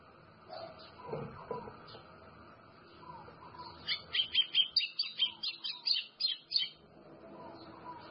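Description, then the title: White-throated seedeater song: after some low background sounds, a burst of clear, rapid, high chirped notes lasting nearly three seconds. "Canto Do Golinha"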